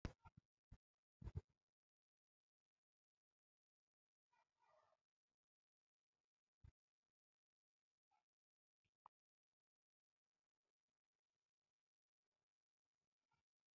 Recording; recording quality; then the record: shallow breathing; moderate, slight background noise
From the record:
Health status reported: healthy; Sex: male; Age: 44 years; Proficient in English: yes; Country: India